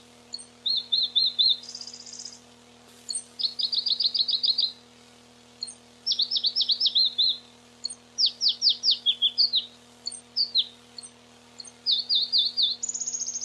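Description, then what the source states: Pallas's leaf warbler song, a long sequence of fast high trills and repeated downslurred notes, changing pattern every second or so, over a faint constant electrical hum. Recorded 29 June 1994.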